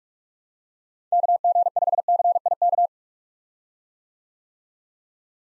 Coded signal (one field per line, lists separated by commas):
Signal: Morse code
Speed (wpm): 43 wpm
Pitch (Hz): 700 Hz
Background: none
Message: KG5CIK